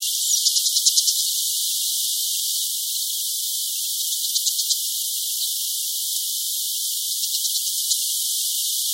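Brown shrike calling in short, rapid, harsh chattering bursts, three runs of quick ticking notes a few seconds apart over a steady hiss.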